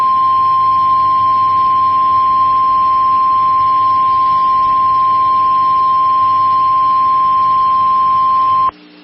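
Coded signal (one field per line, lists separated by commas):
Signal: Emergency Alert System (SAME) tones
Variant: 1050 Hz attention tone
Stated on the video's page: Tornado warning alert for a Florida county; the tones are stated to be valid.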